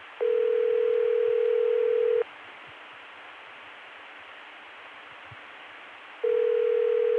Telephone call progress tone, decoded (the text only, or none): ringback tone